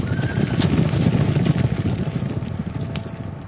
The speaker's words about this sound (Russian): И вдруг мимо меня, погоняемый знакомыми мальчишками, промчался отдохнувший табун.